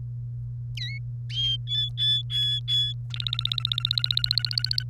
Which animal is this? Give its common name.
Domestic Canary